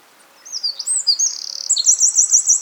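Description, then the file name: Eurasian wren song: energetic high twittering leading into a rapid trill, followed by about six clear repeated notes, with no other sounds. "Troglodytes troglodytes"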